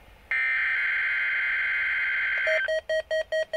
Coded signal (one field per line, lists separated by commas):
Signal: Emergency Alert System (SAME) tones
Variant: header bursts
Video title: EAS Required Weekly Test +Tornado Siren Test NOAA Weather Radio (Midland WR100 Version 2)